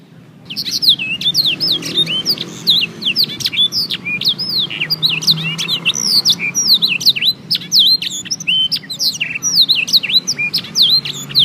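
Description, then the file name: Canary bursting into song after a brief quiet start, then a long unbroken chain of sharp chirps, V-shaped whistles and trills; low hum underneath. Canary singing a full blackthroat-style song, used as tutoring audio. "audio kenari new obelix jr full blackthroat omkicau"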